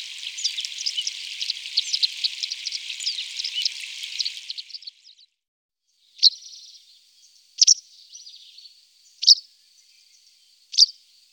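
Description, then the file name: White wagtail calls: about five seconds of dense high twittering, then four sharp, clipped call notes roughly every one and a half seconds over a soft background twitter. "Bachstelze"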